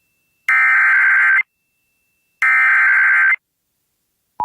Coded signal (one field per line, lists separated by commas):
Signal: Emergency Alert System (SAME) tones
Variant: header bursts